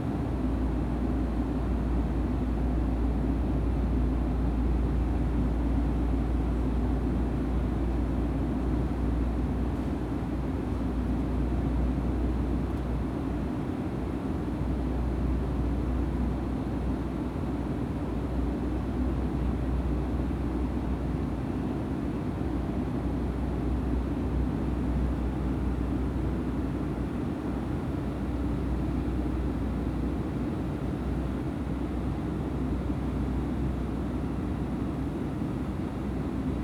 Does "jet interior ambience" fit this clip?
yes